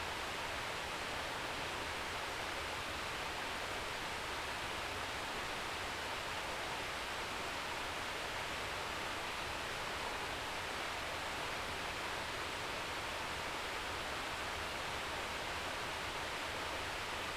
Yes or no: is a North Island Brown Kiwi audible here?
no